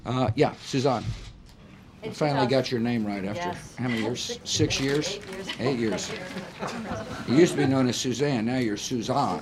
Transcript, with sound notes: Yes, Suzanne. Finally got your name right, after how many years? Six years? Eight years. (Laughter.) Eight years. You used to be known as Suzanne. Now you're "Suz-ahn."